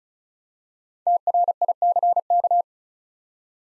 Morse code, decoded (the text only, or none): TRICK